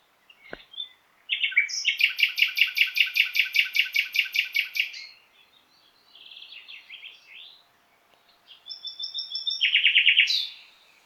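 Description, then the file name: Common nightingale delivering a long, fast, pulsing trill of repeated notes, then a softer jumbled phrase and a final buzzy burst. "Luscinia megarhynchos"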